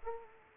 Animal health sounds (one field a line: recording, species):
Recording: mosquito wingbeat signal from an infrared sensor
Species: Culex pipiens